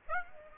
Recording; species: mosquito wingbeat signal from an infrared sensor; Aedes aegypti